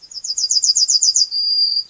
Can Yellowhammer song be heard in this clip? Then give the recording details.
yes. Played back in grassland. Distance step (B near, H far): B. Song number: 114